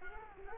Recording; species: mosquito wingbeat signal from an infrared sensor; Culex quinquefasciatus